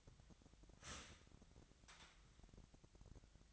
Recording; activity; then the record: daily activity, microphone in the room; start toaster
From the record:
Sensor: 3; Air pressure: 1002.0 hPa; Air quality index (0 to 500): 246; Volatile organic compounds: 49 ppm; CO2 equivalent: 3287 ppm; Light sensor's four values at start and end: 13/40/17/15 and 13/40/17/15